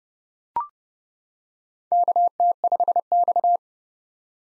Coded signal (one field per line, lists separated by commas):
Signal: Morse code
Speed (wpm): 30 wpm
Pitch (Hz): 700 Hz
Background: none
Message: KT5X